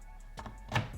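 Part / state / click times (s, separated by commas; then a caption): memory module into motherboard DIMM slot / not seated / none. A memory module is lined up over a motherboard DIMM slot and handled. Short knocks and taps are heard, with the loudest at about 0.8 s. Nothing has seated or clicked yet.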